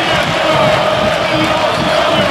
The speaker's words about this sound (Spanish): Hace cuánto que no vemos esta alegría, la algarabía, es impactante, impresionante, es copante, créanme, este recibimiento para Gimnasia que se viene para la cancha. Vuelan papelitos a la cancha, Gimnasia, Gimnasia de Jujuy, escuchen.